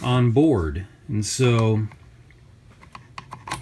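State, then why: Seated. A flight battery is slid into the battery bay of a DJI Matrice 100 quadcopter while someone talks. After the talk stops, small ticks from the sliding are heard, then the latch clicks into place at 3.5 s, seating the battery.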